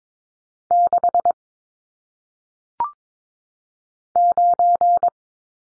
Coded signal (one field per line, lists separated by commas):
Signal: Morse code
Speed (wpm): 22 wpm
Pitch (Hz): 700 Hz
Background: none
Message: 6 9